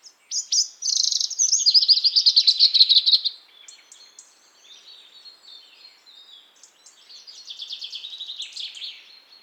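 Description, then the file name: European robin song: a loud, fast sparkling trill running several seconds, followed by softer scattered high notes and a quieter trilled phrase. "Erithacus rubecula"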